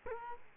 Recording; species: mosquito wingbeat signal from an infrared sensor; Culex quinquefasciatus